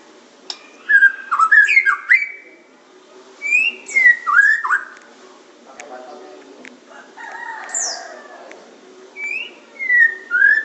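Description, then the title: Oriental magpie-robin song of rich varied whistles, downslurred notes and sharp chirps in several phrases, with short gaps between them and a low hum beneath. "Kicau Kacer"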